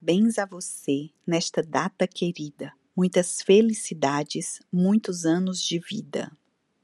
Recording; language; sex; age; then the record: short text; Brazilian Portuguese; female; 40 to 49 years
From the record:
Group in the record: control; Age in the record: 40 years